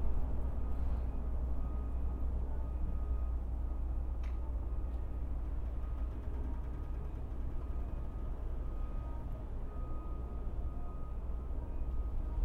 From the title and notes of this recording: A stereo recording of our backyard. The recording was made near one deciduous tree, and three evergreen trees, two living, one x-mas, next to the fence pictured above.